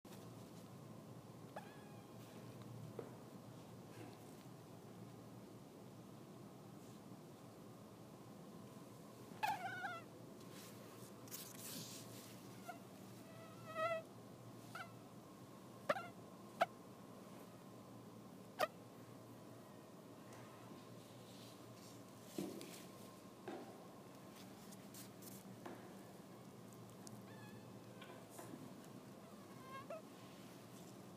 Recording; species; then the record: mosquito flight sound by mobile phone; Anopheles dirus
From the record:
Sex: male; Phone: iPhone 6